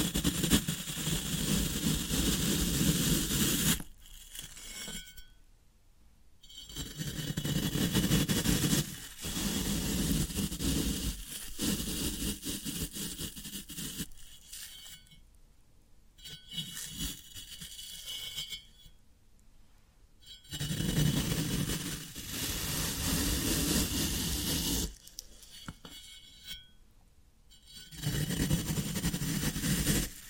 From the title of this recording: Floral Foam Sounds